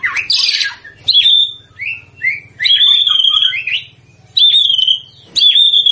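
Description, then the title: White-rumped shama song: loud sustained whistled phrases near one pitch, broken by short pauses, with a low steady hum underneath. Lure used to make the bird respond; bird described as gacor (energetic, frequent singer). "PANCINGAN MURAI BATU GACOR"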